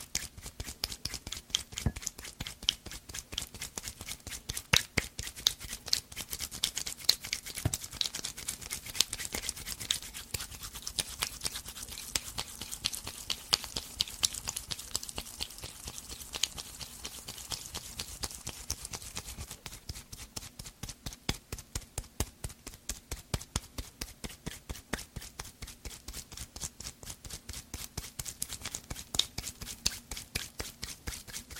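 Fast, dense tapping, crisp regular clicks layered over a faint low hum, with a brighter scratchy stretch midway.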